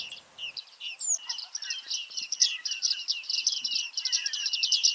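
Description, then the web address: Bearded reedling calls: rapid, bright chirping notes packed closely together, with a few softer lower notes underneath and faint background noise. Calls recorded in 2019. "geluiden baardman 2019 roep"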